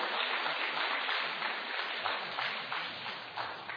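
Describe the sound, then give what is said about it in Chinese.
An audience applauds together for God, a dense, steady wash of many hands clapping at an even loudness for several seconds with no voices over it. “Amen， 把掌声给我们的上帝。”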